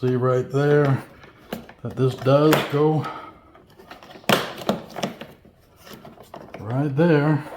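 A small plastic trim piece is handled against the fairing of a 2018+ Goldwing motorcycle during a camera mount install, while someone talks. Short handling knocks and taps are heard around 4.3 to 6.5 seconds. Nothing has seated or clicked yet.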